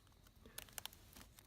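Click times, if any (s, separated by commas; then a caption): 0.6 s, 0.8 s, 0.9 s. The retaining flap over the display connector in a 2013 Chromebook Pixel laptop is flipped down over the plug after the connector is rocked in, to hold it in place. Sharp clicks sound at 0.6, 0.8 and 0.9 seconds, followed by a few softer ticks. The flap snaps down and the connector is seated.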